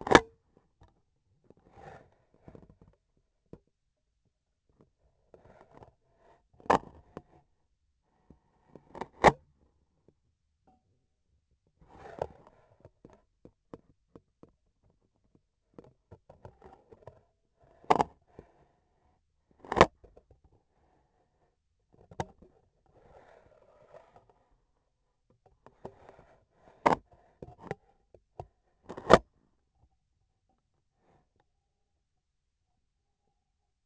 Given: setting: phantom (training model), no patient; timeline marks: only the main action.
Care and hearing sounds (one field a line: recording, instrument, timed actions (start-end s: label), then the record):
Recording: laparoscopic instrument, vibration sensor on the handle end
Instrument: scissors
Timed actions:
0.00-0.45 s: cutting thread
8.02-9.49 s: cutting thread
19.37-20.00 s: cutting thread
28.70-29.29 s: cutting thread
From the record:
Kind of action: gesture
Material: cotton thread